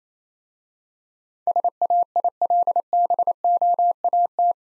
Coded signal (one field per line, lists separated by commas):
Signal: Morse code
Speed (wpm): 27 wpm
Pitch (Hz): 700 Hz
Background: none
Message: SAILBOAT